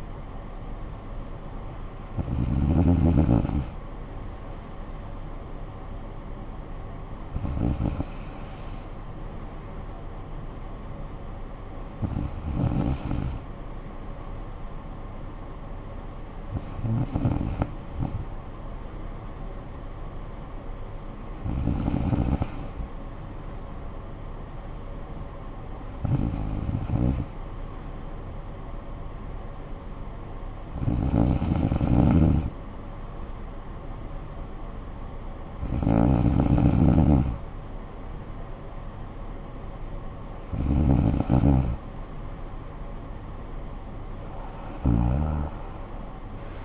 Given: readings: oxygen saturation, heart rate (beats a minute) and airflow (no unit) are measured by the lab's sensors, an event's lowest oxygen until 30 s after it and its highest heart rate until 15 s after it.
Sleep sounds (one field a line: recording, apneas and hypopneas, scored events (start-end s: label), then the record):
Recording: breathing in sleep by a smartphone at the bedside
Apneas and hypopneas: none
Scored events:
none scored
From the record:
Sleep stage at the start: N2 (light sleep)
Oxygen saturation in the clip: 94 to 96%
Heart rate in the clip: 53 to 64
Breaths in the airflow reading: 10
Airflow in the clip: -12.3 to 6.9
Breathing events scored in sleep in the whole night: 445 in 7.6 hours asleep